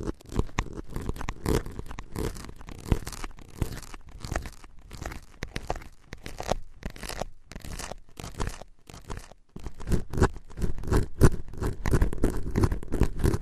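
Tapping and scratching sounds arrive in dense, irregular bursts of short crisp strokes with a rough, crunchy texture like scraping or crinkling. The activity thins briefly around nine seconds, then resumes louder and busier through the final seconds.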